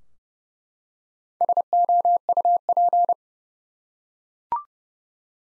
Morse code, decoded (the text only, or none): SOUP